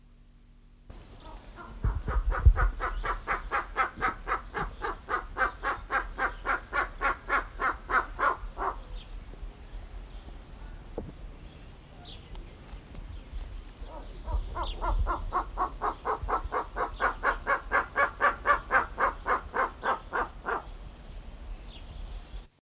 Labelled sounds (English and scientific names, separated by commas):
Bateleur (Terathopius ecaudatus) call